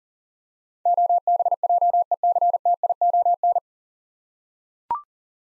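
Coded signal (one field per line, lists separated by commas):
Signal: Morse code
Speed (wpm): 40 wpm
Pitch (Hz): 700 Hz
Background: none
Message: OBJECTION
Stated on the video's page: Morse practice drill of nine-letter words at 40 wpm, each sent, spoken, then resent for head-copy.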